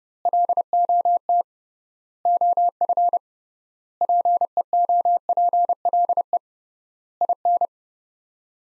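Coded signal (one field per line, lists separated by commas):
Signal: Morse code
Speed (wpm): 31 wpm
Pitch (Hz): 700 Hz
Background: none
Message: LOT OF PEOPLE IN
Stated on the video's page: Morse practice of five-word sets at 30 wpm with 3x word spacing, a Farnsworth-like method for head-copying phrases.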